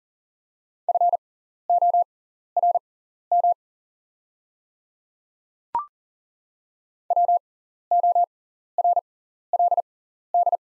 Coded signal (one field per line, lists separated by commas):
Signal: Morse code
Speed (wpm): 40 wpm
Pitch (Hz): 700 Hz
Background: none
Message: FORM WORLD